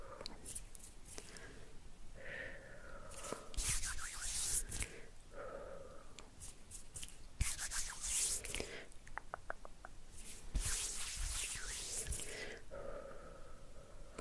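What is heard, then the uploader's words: Scissors being handled and snipped, with bursts of bright, hissy rustling around 3–5, 8–9 and 10–12 seconds and quick clicking cuts in between. Softer handling sounds and a low murmur fill the quieter stretches. Negative Energy Removal with Scissors Hand Movements, Hand Sounds and Minimal Talking.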